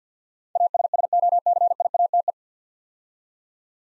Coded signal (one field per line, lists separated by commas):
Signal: Morse code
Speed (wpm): 47 wpm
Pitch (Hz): 700 Hz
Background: none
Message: ASSOCIATE